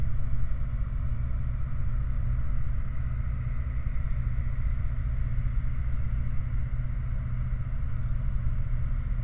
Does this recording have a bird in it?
no